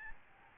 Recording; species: mosquito wingbeat signal from an infrared sensor; Aedes albopictus